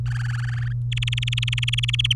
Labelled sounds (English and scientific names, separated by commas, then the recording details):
Domestic Canary (Serinus canaria) song
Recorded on 23 April 2018 at 17:25
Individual llb3